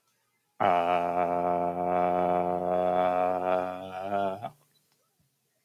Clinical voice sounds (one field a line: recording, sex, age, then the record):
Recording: vowel held as long as possible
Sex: male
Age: 20 to 29 years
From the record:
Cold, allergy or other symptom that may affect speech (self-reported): no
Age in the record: 24 years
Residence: Texas, United States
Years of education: 14